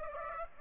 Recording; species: mosquito wingbeat signal from an infrared sensor; Aedes aegypti